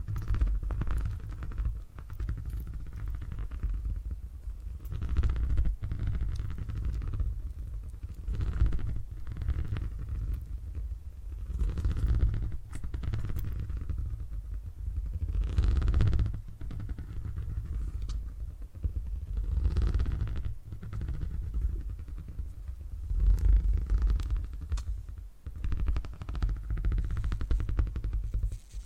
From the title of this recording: Brain Tingly Purring Triggers